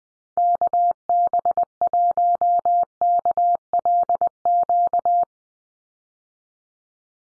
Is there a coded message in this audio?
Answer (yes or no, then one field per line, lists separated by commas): yes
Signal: Morse code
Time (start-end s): 0.4-5.2 s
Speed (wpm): 20 wpm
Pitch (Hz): 700 Hz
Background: none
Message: KB1KLQ